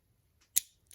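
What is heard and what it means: The plastic layer of a spinning top is twisted against its disc and driver, and a sharp detent click at 0.6 s marks it catching a second tooth. It is not yet fully seated, and a much fainter tick follows at 0.9 s.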